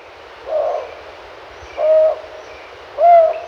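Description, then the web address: Rufous-banded Owl uttering three low hoots spaced about a second apart. Recorded in Ecuador. "Birds of Ecuador. Rufous-Banded Owl"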